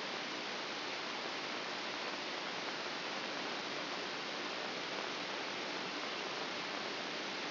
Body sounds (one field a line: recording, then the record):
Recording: brain microelectrode recording played as sound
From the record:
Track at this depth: inside the subthalamic nucleus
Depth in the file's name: 0.241 mm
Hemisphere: right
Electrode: 2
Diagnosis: Parkinson's disease